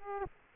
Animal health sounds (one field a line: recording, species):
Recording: mosquito wingbeat signal from an infrared sensor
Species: Aedes aegypti